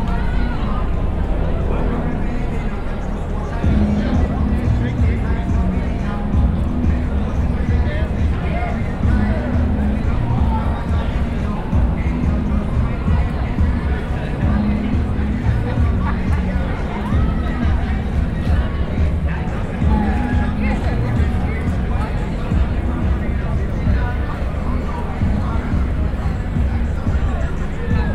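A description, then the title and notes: Crowded street noise at an outdoor city protest site, with overlapping voices talking and a general babble behind them. A heavy, steady low rumble, like idling engines or a generator, runs underneath throughout, keeping the level constant for the whole stretch. Capitol Hill Organized Protest (CHOP/CHAZ), Seattle, WA ~10:30pm. Standing by the letter "S".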